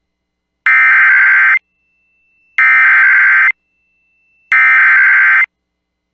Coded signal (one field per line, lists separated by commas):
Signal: Emergency Alert System (SAME) tones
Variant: header bursts